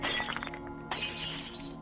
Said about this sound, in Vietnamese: Đám các bà cụ đang nghi ngờ thì bỗng nhiên xoảng một cái, tiếng đổ vỡ.